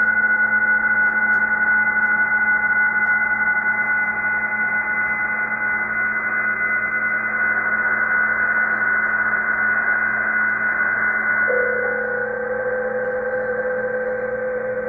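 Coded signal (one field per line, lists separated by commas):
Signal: PSK31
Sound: several faint steady warbling tones at different pitches over hiss; another appears near the end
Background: radio static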